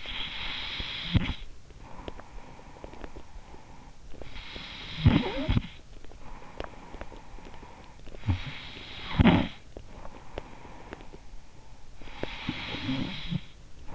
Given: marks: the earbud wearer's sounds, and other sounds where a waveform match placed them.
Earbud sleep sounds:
sounds in sleep by an in-ear microphone; snoring breath
0.00-13.95 s: snoring breath

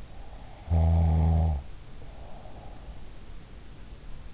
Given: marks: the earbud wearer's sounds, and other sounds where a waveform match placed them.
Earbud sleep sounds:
sounds in sleep by an in-ear microphone; snoring breath
0.41-3.38 s: snoring breath

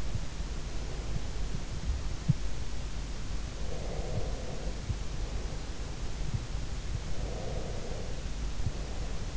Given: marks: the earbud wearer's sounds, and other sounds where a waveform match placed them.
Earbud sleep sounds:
sounds in sleep by an in-ear microphone; breath
0.80-2.62 s: breath
3.79-6.39 s: breath
7.10-9.37 s: breath

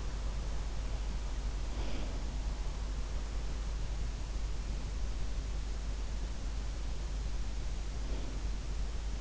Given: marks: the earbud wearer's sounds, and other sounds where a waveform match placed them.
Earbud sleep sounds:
sounds in sleep by an in-ear microphone; breath
1.72-2.43 s: breath
7.86-8.44 s: breath

